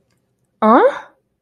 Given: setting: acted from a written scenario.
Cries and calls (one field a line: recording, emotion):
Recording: vocal sound without words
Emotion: contempt